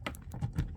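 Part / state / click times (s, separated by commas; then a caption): top portion of the cab/canopy onto a diecast dozer model body / not seated / none. The top portion of the cab/canopy is lined up on a 1:50 scale Diecast Masters CAT D8T Track-Type Tractor model with an 8U blade and pressed down onto the diecast body with both fingers. Short, light handling taps are heard, sharpest near 0.1 s, 0.2 s and 0.6 s. Nothing has seated or clicked yet.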